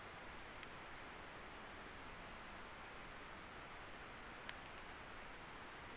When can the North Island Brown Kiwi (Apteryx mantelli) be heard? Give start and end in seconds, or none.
none